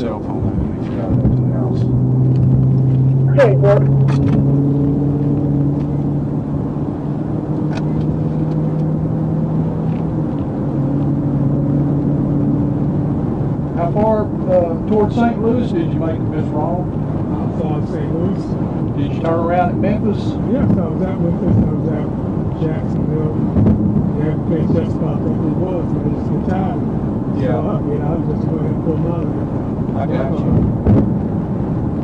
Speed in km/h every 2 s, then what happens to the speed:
82, 85, 92, 98, 103, 108, 113, 113, 113, 113, 113, 111, 111, 111, 111, 106.
0-12 speeds up to 113. 12-32 steady at about 111.